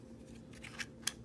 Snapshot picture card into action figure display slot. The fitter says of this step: right in there, and once it gets that far in, it'll click in place,